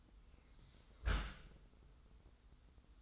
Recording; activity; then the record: daily activity, microphone in the room; close dishwasher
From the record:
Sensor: 3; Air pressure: 990.4 hPa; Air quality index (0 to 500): 193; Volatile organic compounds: 1000 ppm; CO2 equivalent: 6327 ppm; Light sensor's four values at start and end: 36/86/35/33 and 36/86/35/33